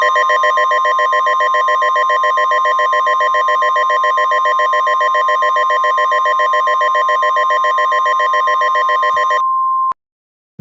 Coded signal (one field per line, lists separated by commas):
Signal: Emergency Alert System (SAME) tones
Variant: 1050 Hz attention tone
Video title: EAS Scenario: Shadow Nebulosa's Rampage (Remastered)